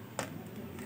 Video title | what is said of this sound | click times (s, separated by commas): Household Hanging Fan Unboxing and Installing ( TH 980/880 Ceiling Fan With 5Blades Electric Fan ) | dahan-dahan pumasok din dahan-dahan lang hanggang mag-lock yyun oh may extra na naman na | 0.2 s